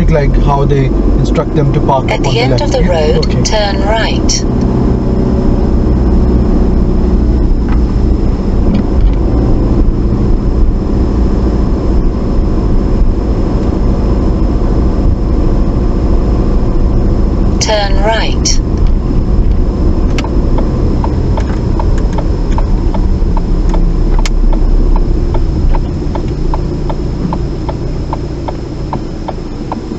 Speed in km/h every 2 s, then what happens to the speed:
27, 31, 31, 26, 27, 26, 26, 27, 26, 24, 16, 16, 13, 5, 0.
0-17 steady at about 27. 17-27 slows to 0. 27-30 standing.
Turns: none.